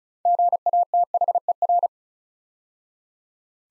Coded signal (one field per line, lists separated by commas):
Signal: Morse code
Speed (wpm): 36 wpm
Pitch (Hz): 700 Hz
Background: none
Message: GATHER